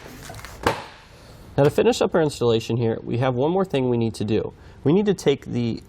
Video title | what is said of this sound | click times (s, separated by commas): Installation: Curt T-Connector Vehicle Wiring Harness for Factory Tow Package on a 2020 Honda Pilot | You should hear them each click when you have them in. | 0.4 s, 0.5 s, 0.7 s